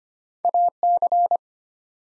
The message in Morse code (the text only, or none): AC